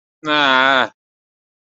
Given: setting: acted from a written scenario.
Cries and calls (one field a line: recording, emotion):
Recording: vocal sound without words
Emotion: disappointment